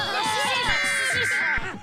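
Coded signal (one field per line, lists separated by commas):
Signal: Emergency Alert System (SAME) tones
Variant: header bursts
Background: speech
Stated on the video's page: Fictional analog horror EAS scenario, not a real alert.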